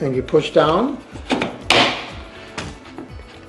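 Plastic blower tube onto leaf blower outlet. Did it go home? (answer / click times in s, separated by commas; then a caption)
yes / 1.7 s. Someone talks while a large plastic tube is pushed down onto the outlet of a VARSK cordless leaf blower (460 CFM at 85 MPH, 4.0Ah battery). A loud, sharp snap at 1.7 s marks the tube locking in place, followed by fainter knocks. The tube is seated and very solid.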